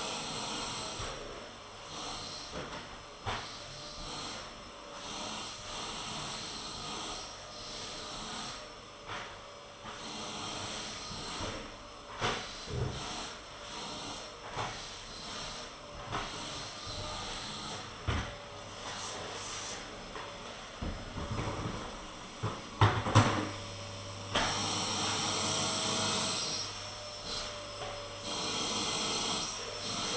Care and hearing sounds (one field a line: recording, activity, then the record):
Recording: daily activity, microphone in the room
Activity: vacuum cleaning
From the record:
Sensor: 4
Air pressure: 996.0 hPa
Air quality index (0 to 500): 47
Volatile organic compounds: 1 ppm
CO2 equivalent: 751 ppm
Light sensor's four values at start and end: 18/49/19/20 and 18/47/18/19